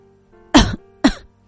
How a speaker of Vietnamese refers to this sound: Quân Thương ho khan 2 tiếng mà nói